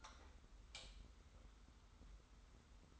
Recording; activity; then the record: daily activity, microphone in the room; light on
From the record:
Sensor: 3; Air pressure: 990.9 hPa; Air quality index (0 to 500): 116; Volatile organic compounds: 74 ppm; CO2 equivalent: 3557 ppm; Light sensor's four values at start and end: 36/86/35/33 and 39/95/38/36